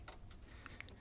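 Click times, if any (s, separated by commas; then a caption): 0.8 s. An electrical connector is pushed into the fuel sender unit on the fuel tank of a 1996–2000 GM 6.5L turbo diesel Chevy/GMC truck, worked in an awkward position until it snaps in. Faint ticks and rustles run over a low rumble, with a sharp click at 0.8 s as the connector seats.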